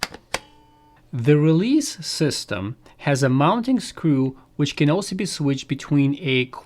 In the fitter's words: Once you insert the quick release system back in place, you will hear a click like this.